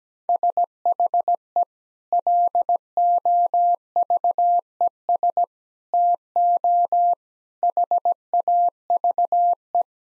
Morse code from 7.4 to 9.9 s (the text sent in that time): HAVE